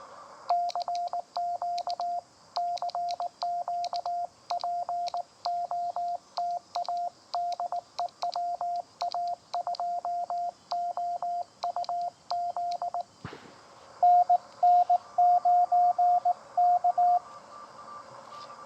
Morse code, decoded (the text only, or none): CQ CQ POTA DE WA2OUZ NN9K